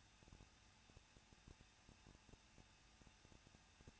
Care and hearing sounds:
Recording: daily activity, microphone in the room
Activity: no activity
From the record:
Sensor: 2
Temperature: 21.0 degrees Celsius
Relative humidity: 37.3%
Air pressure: 1006.2 hPa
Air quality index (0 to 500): 221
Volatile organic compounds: 24 ppm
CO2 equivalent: 2802 ppm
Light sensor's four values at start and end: 2/3/2/2 and 2/3/2/2

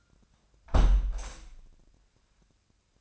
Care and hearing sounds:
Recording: daily activity, microphone in the room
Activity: close window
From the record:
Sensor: 2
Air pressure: 1006.3 hPa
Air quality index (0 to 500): 191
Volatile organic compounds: 12 ppm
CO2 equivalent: 2326 ppm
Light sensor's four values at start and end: 8/20/8/8 and 8/20/8/8

